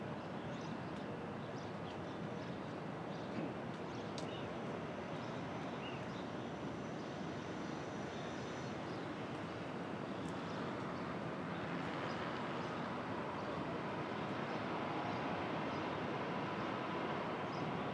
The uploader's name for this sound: Brooklyn Dawn